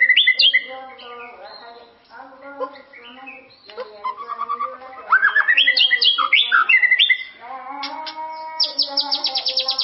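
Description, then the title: White-rumped shama song: bursts of sharp slurred whistles and a brief buzzy trill, ending in a fast rattling series of high notes. "murai batu"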